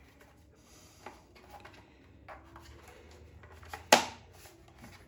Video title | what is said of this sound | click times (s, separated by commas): On Board Air Compressor Upgrades | Go. Snapped right in place. | 3.9 s